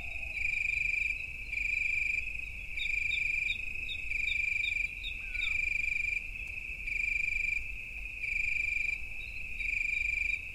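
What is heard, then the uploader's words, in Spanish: Night crickets trill in a bright, steady pitch, coming in regular bursts of about a second with short pauses between them. Around three to five seconds a quicker series of chirps joins in, over a low rumble of outdoor background. Noche de verano. El canto de los grillos nocturnos, el revolotear de insectos y alguna que otra ave rapaz.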